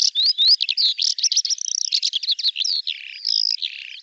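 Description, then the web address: Bird song: loud, high rising whistles at the start, then a rapid jumble of chirps, buzzes and trills, with a sustained whistled note near the end. Audio cleaned and normalized. "cianscape birddata Deverinetal 2025 File cleaned normalized Bird Al Ar"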